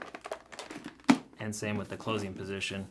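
The chin bar of an HJC RPHA 90S modular motorcycle helmet is lowered into the closed position and latches onto the shell with a sharp snap at 1.1 s. A few softer taps and clicks come before it, and someone talks afterward. The chin bar is seated closed.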